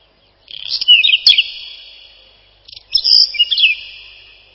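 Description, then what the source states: Whinchat song: two short phrases about a second apart, each a rapid mix of scratchy and whistled high notes with a lingering ring. Song described as a short twittering trill.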